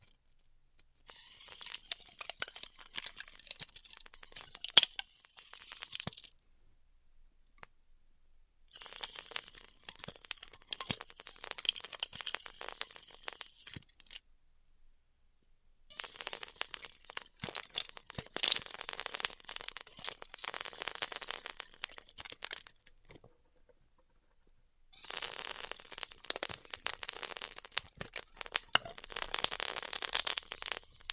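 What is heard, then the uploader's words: Styrofoam being heat cut, heard in four bursts of dense crackling, crinkly hiss separated by short silent gaps. Each run lasts roughly five to seven seconds and is bright and sizzling, with sharp snaps scattered through it and the last burst loudest. ASMR Styrofoam Heat Cutting (No Talking).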